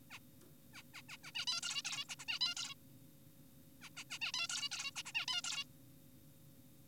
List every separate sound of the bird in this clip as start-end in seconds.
0.11-0.19, 0.74-0.82, 0.94-1.02, 1.09-1.17, 1.24-1.32, 1.35-1.46, 1.48-1.61, 1.63-1.82, 1.85-2.05, 2.09-2.16, 2.20-2.25, 2.28-2.39, 2.41-2.54, 2.57-2.74, 3.82-3.90, 3.97-4.03, 4.10-4.19, 4.22-4.32, 4.34-4.48, 4.50-4.69, 4.72-4.92, 4.96-5.02, 5.06-5.12, 5.15-5.26, 5.28-5.42, 5.44-5.64